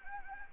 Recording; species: mosquito wingbeat signal from an infrared sensor; Anopheles gambiae